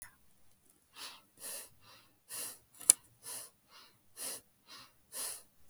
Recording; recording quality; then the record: shallow breathing; excellent, no background noise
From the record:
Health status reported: healthy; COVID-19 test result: not tested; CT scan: not taken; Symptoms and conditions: none ticked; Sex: female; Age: 31 years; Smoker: no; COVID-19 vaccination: none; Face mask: not worn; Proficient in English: yes